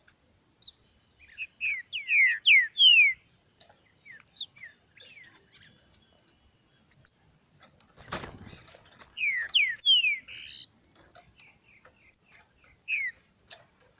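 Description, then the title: Green-winged saltator song: phrases of loud descending whistled notes around two to three seconds and again near ten seconds, with a brief thump midway and scattered softer chirps. Nicão singing in the bush, competing in song with a free-living bird. "Trinca Ferro NICÃO No Mato Disputando Com Solto"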